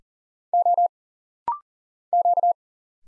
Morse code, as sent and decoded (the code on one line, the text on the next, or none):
--- / --.-
O Q